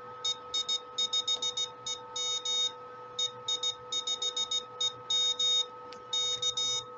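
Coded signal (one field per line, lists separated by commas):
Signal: Morse code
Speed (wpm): 16 wpm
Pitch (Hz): 2250 Hz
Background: none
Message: EI5EM EI5EM K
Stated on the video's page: Ten-Tec T-Kit 1320 QRP 20 m CW transceiver with added audio filter, iambic memory keyer, touch paddles, and a frequency counter announcing frequency in Morse.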